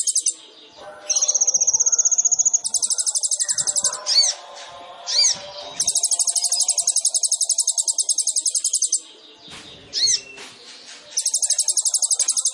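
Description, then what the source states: Sunbird song of long, very high buzzy trills with short swooping whistles between them and a soft twittering background. Indonesian masteran training recording for songbirds, full song with fills (isian) and bursts (tembakan), described as gacor, used as a lure (pancingan).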